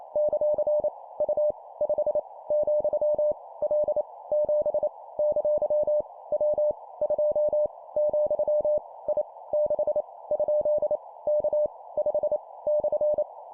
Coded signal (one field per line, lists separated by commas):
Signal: Morse code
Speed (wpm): 28 wpm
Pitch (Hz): 600 Hz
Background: none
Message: ; U 5 , L 7 ! W 2 , I 6 ? K 5 /